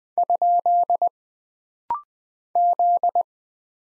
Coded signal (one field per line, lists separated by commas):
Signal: Morse code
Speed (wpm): 20 wpm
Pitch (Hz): 700 Hz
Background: none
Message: ? Z